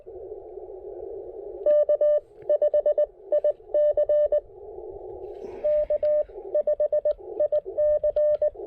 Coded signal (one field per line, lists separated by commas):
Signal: Morse code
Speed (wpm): 18 wpm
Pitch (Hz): 600 Hz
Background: none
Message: K5IC K5IC